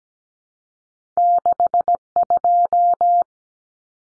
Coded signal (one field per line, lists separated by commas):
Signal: Morse code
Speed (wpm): 17 wpm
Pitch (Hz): 700 Hz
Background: none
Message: 62